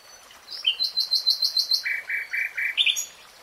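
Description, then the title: Nightingale song: a swift run of high repeated notes drops into several lower notes and ends with a bright flourish. Three-hour real-time recording. "[Tiếng chim hót] Nightingale Singing"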